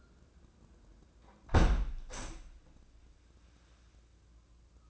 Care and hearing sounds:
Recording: daily activity, microphone in the room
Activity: close window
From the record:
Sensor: 2

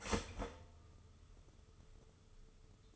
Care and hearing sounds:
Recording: daily activity, microphone in the room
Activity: start toaster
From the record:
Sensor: 4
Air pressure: 995.2 hPa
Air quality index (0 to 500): 217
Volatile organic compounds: 270 ppm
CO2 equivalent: 4411 ppm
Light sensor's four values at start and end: 30/91/35/38 and 29/88/34/36

